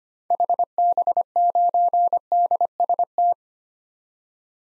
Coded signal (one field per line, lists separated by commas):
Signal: Morse code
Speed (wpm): 25 wpm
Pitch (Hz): 700 Hz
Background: none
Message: HB9DST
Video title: 2023 SOTA Activator Call Signs - 25wpm